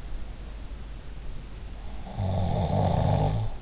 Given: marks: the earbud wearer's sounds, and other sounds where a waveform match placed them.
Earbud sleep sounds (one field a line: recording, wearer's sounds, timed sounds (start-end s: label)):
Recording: sounds in sleep by an in-ear microphone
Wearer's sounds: snoring breath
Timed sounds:
2.02-3.58 s: snoring breath